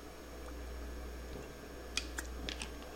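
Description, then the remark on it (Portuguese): Someone takes a sip of water, a few soft, wet swallowing clicks coming in quick succession after a stretch of quiet low hum, with no talking. “Desculpa, pessoal, tem que tomar um pouquinho de água. A garganta vai secando.”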